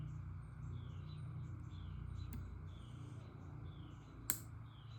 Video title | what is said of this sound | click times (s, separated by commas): ECHO PB 250–LN part 2, reassembly after top end rebuild. | Bam. You hear that click? | 4.3 s